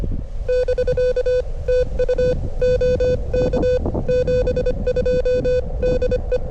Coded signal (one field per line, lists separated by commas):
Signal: Morse code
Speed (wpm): 25 wpm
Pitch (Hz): 500 Hz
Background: none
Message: <BK> TU OK 72 DE